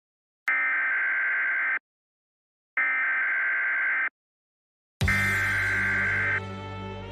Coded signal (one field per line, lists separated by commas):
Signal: Emergency Alert System (SAME) tones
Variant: header bursts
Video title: [OLD] EAS - 22/03/1977